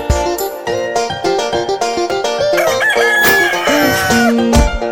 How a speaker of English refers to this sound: Cock-a-doodle-doo. My dame has found her shoe.